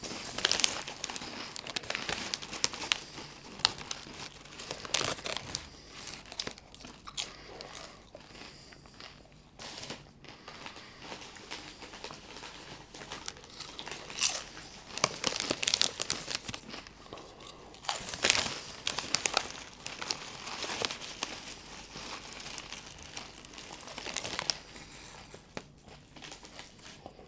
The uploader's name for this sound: Chips & Soda